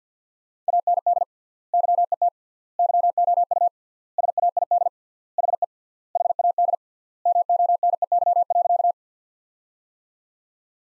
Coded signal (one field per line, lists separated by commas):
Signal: Morse code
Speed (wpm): 49 wpm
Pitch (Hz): 700 Hz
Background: none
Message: AND YET YOU SAID HE HAD MONEY.